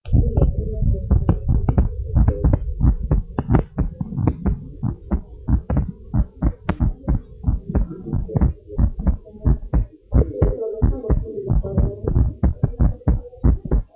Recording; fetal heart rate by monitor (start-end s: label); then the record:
heart sounds of a pregnant woman by stethoscope
no fetal heartbeat
From the record:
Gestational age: 35 weeks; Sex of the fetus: boy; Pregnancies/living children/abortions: 2/1/0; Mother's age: 30 years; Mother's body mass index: 27.7